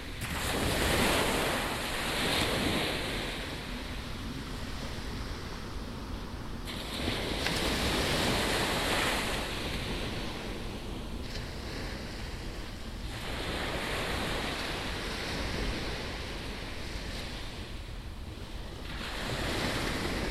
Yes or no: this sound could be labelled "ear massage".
no